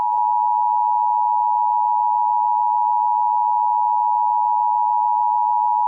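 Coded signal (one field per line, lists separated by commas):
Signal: Emergency Alert System (SAME) tones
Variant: 853 and 960 Hz attention tone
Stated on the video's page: Fictional EAS scenario; simulated alert, not a real broadcast.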